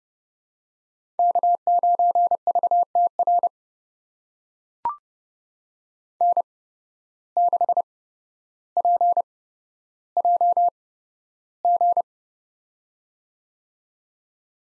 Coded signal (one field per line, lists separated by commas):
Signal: Morse code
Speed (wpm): 28 wpm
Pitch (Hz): 700 Hz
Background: none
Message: K9VTR N6PJG